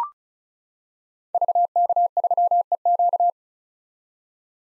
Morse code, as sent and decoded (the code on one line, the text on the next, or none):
...- -.- ...-- . --.-
VK3EQ